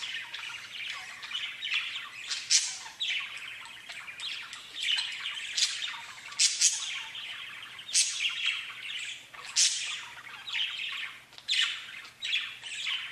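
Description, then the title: Budgerigar chatter, continuous warbling with frequent sharp high chirps and scratchy squawks. "Budgie Sounds"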